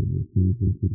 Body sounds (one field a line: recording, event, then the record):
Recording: neck accelerometer signal played as sound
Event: no cough (speech, laughter, throat clearing or background)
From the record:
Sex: male